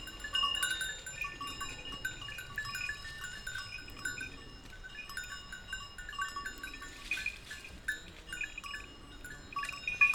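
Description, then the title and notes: Goat bells ring in uneven bursts as the animals graze, bright metallic notes overlapping, with a louder clatter near the end. A few goats grazing on a sloping meadow, their bells tinkling at random; Village Tipi, Route du Revard, Montcel near Chambéry, Savoie, France. "Village Tipi, Route du Revard, Chalets de la Clusaz, Montcel, Chambéry, Savoie, Auvergne-Rhône-Alpes, France métropolitaine, 73100, France - Les chèvres. Quelques chèvres broutent dans une prairie en pente, le raffiné tintement aléatoire de leurs clochettes empli l'espace, un discret criquet stridule dans les herbes"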